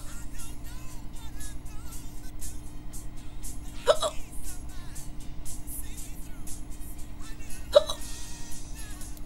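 Two abrupt, sharp hiccups from an adult, about four seconds apart, each a brief gulping catch of breath. They fit ordinary hiccups, involuntary spasms of the diaphragm that snap the throat shut. A steady traffic rumble and faint bird chirps run underneath.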